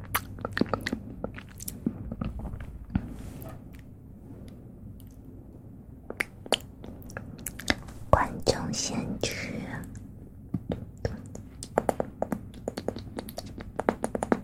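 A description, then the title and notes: Soft mouth sounds: a steady stream of small wet clicks and smacks, quick and irregular, some in rapid bursts. Around the middle, a few longer, wetter sounds stand out over a low, quiet hush. ASMR Soft Mouth Sounds.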